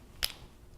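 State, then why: Seated. A lubricated rubber weather seal boot is slid forward over a coaxial cable and pushed onto the back of the connector. It snaps into place with a sharp click at 0.2 s, followed by a fainter tick at 0.3 s. The boot is seated on the connector.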